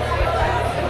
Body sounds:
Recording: background sound without coughing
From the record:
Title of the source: CITY SOUNDS Busy Bar in the Evening Night - 2 HOURS of Ambiance for Relaxation

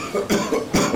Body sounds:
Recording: coughing mixed with background sound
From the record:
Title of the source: Spring Cold Coughing 3

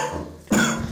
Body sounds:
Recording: coughing mixed with background sound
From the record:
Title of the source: Wet Throat Infection Cough

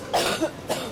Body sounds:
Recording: coughing mixed with background sound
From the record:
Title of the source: 61 morning phlegmy cough...again

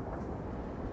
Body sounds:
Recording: background sound without coughing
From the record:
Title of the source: Train Ride Ambience ambient white noise for sleeping, focus, studying, reading

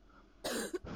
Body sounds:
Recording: coughing mixed with background sound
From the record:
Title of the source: 60 coughing still (deep and wet cough)

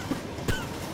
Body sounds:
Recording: coughing mixed with background sound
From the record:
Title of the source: Coughing 51

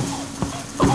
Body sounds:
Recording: coughing mixed with background sound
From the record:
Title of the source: Spring Allergy Coughing

